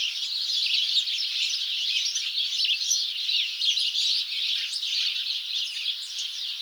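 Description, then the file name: House sparrow chirps: a dense, unbroken chorus of many overlapping short chirps from several birds, steady in loudness throughout. "Passer domesticus"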